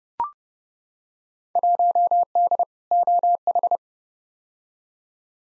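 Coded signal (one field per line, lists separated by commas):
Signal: Morse code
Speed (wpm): 32 wpm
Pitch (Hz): 700 Hz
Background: none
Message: 1D OH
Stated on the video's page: Field Day exchange head-copy drill at 30wpm, each exchange sent in Morse, spoken, then sent again.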